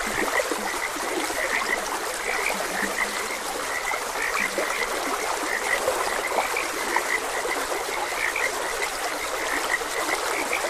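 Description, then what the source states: Frog chorus of many quick croaks, continuous and overlapping, with occasional lower grunting notes, all set against a constant hiss of flowing water. Several frogs croaking beside a gentle stream.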